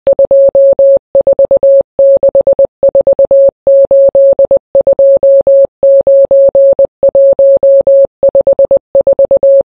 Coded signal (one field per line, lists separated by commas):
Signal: Morse code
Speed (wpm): 20 wpm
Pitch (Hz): 550 Hz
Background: none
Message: 2464829154